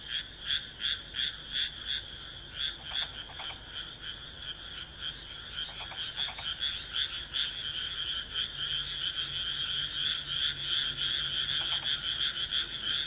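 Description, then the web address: Frog giving quick rhythmic croaks, roughly three per second, steady throughout with occasional short clicking sounds and a faint low hum later. "kaeru kaeru"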